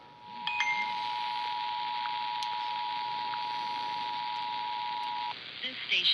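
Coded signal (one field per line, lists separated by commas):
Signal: Emergency Alert System (SAME) tones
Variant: 853 and 960 Hz attention tone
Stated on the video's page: EAS tests received from multiple monitoring stations.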